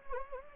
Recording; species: mosquito wingbeat signal from an infrared sensor; Anopheles gambiae